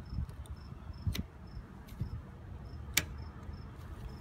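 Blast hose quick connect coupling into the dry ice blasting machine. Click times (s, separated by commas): 3.0 s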